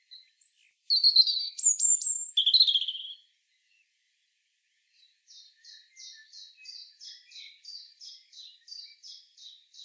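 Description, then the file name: European robin song: a few high whistled and warbled notes near the start, then a pause and a quiet, evenly repeated series of short high notes. "Erithacus rubecula"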